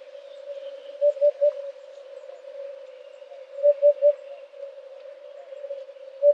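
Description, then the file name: Eurasian hoopoe repeating its low, mellow three-note hoot, two full phrases and the start of another, with a constant soft drone behind. "huppe fasciee"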